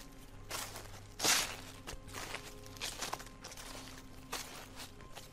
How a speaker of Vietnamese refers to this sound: Đang hăng say bàn bạc, ở bên ngoài những tiếng xào xạo vang lên đều đặn như là tiếng bước chân đang dẫm lên lá khô.